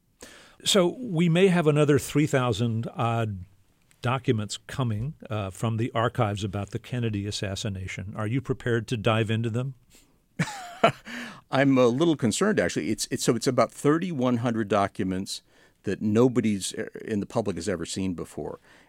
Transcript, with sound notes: So we may have another 3,000-odd documents coming from the archives about the Kennedy assassination. Are you prepared to dive into them?
(Laughter) I'm a little concerned, actually. It's so - it's about 3,100 documents that nobody's - in the public has ever seen before.